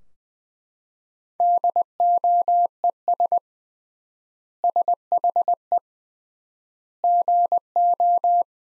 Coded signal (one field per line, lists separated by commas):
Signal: Morse code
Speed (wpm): 20 wpm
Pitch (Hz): 700 Hz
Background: none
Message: DOES SHE GO